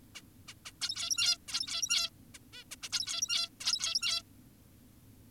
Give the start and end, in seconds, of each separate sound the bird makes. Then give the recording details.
0.15-0.22, 0.48-0.54, 0.66-0.72, 0.82-1.38, 1.48-2.10, 2.34-2.38, 2.53-2.64, 2.72-2.76, 2.83-2.89, 2.92-3.50, 3.61-4.22. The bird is an adult. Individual g17y2U